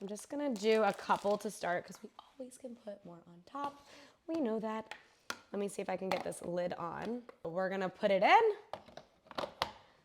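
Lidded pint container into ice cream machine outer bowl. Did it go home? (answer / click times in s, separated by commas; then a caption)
yes / 9.6 s. Someone talks while fitting the lid onto a pint container and putting it into a Ninja CREAMi ice cream machine, then a few small clicks and knocks are heard. The container is twisted so it rises and locks in place with a sharp click at 9.6 s, seated in the machine's outer bowl.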